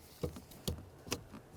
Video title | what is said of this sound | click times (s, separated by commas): How to Replace Brake Light Switch 1998-2011 Ford Ranger | got a click from that. We'll give it a little tug. Perfect. | 0.7 s